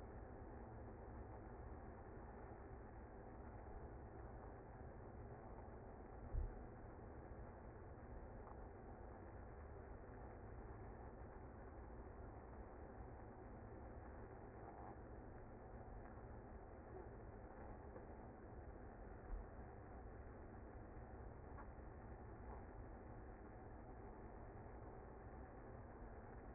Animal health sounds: honeybee colony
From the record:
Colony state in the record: active

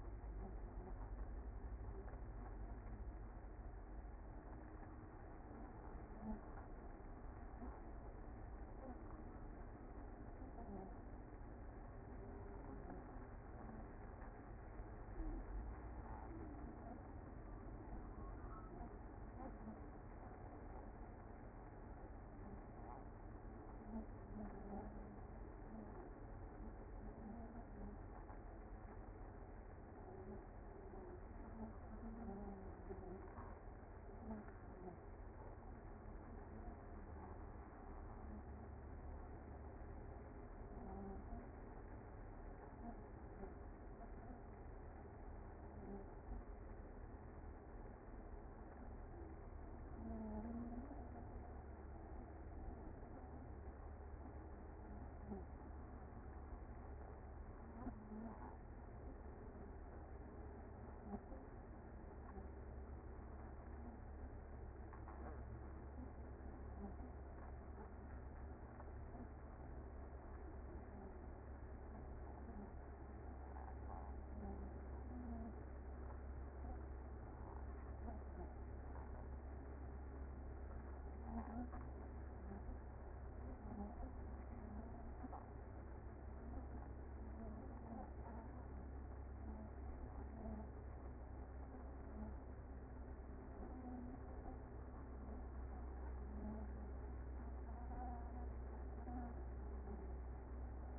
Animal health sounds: honeybee colony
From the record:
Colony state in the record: active

